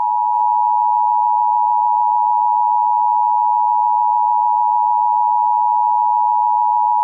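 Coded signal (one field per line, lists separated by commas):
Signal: Emergency Alert System (SAME) tones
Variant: 853 and 960 Hz attention tone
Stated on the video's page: Fictional EAS scenario.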